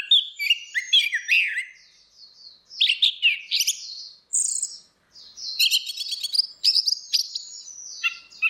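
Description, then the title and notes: Orange-headed thrush singing a long, varied medley of high whistles, trills and buzzy notes with hardly any break. Continuous singing (ngeplong); a masteran recording used to train Chestnut-capped Thrushes (anis kembang) to learn the song. "Suara Burung Anis Merah Ngeplong. Masteran Anis Kembang"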